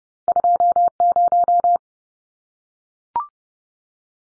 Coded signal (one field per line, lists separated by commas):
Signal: Morse code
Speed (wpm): 30 wpm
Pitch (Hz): 700 Hz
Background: none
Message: 20